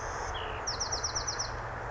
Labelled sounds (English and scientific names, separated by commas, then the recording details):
Bewick's Wren (Thryomanes bewickii)
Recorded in Sonoma County, California